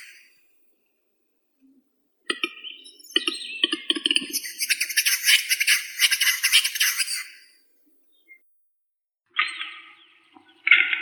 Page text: Глухарь (Tetrao urogallus)